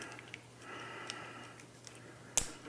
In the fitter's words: poke these in listen for the click make sure they are connected